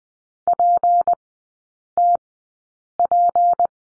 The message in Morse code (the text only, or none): PTP